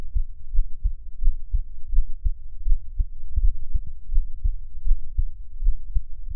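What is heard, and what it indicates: Soft, deep thumps of an adult's own heartbeat, heard close up for ASMR listening, repeat at about 82 beats a minute, with no talking and only a low background hum. This is an ordinary heartbeat at a normal rate.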